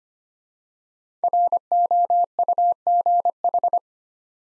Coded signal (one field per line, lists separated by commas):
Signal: Morse code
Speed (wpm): 25 wpm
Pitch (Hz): 700 Hz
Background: none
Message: ROUGH